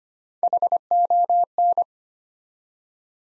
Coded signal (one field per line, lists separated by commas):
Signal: Morse code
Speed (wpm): 25 wpm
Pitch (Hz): 700 Hz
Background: none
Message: HON